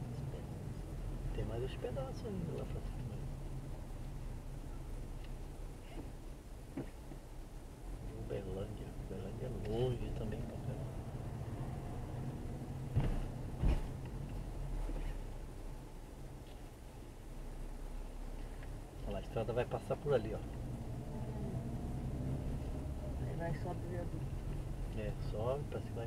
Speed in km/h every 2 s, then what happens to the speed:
13, 10, 6, 5, 11, 14, 11, 5, 5, 8, 15, 16, 14.
0-6 slows to 5. 6-11 speeds up to 14. 11-14 slows to 5. 17-20 speeds up to 15. 20-26 steady at about 15.